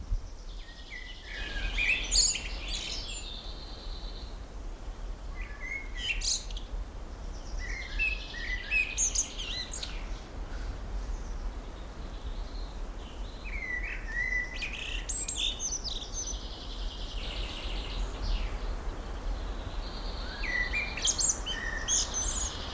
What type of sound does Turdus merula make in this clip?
song